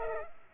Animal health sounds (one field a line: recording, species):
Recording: mosquito wingbeat signal from an infrared sensor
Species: Culex pipiens